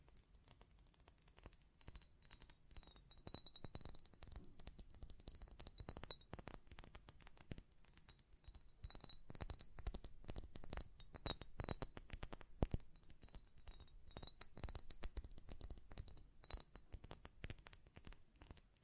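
A glass perfume bottle is tapped and handled in quick, uneven bursts of light clinks and clicks across the whole clip, busiest around the middle and near the end. A faint steady high whine wavers underneath throughout.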